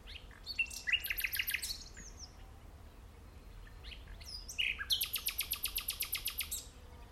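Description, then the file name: Common nightingale song: a quick stuttering phrase with chirps, a pause, then a long run of loud, rapidly repeated notes. "Luscinia megarhynchos"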